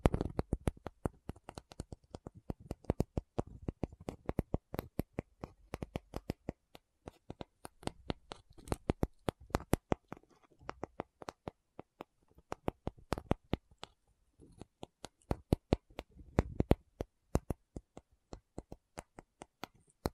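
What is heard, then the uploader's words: A tapping session of sharp, crisp taps, dense and irregular in quick bursts, with brief pauses near ten and fifteen seconds. Tapping Session (No Talking).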